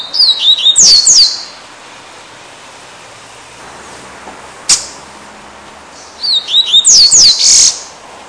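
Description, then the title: Double-collared Seedeater song: a short phrase of high whistled notes sliding downward, ending in a loud buzzy burst, repeated about every six seconds with a sharp click between. "Canto Coleiro"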